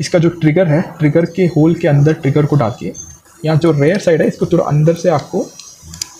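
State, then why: Seated. Someone talks while inserting the trigger of a pistol's fire control unit into the trigger hole in the frame and pushing its rear side under the frame's undercut. Sharp clicks at 5.9 s and 6.0 s mark the fire control unit locking into the pistol frame, confirmed as correctly seated.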